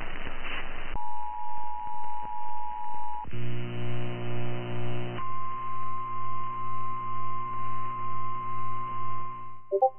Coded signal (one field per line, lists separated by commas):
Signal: Emergency Alert System (SAME) tones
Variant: 853 and 960 Hz attention tone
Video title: TORNADIC NIGHTMARE II: NASHVILLE'S TOR CHAOS... EAS Alerts from 12/9/23 (EAS #3,293 - 3,336)